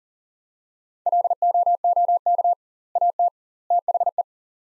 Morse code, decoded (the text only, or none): LOOK AT THE